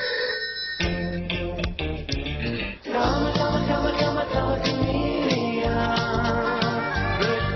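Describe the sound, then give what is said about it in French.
A novelty singing telephone featuring a chameleon and a ladybug rings by playing a bright, busy electronic pop melody with steady beats, sounding continuously for several seconds with one brief dip partway through. No one speaks. “Each time the phone rings, it's music to your ears.”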